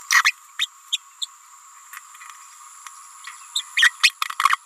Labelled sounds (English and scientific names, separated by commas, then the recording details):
Green-rumped Parrotlet (Forpus passerinus) babbling
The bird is a female
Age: 28 days
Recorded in a nest box in Venezuela
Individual 17B31A3